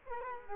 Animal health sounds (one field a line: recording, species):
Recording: mosquito wingbeat signal from an infrared sensor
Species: Culex quinquefasciatus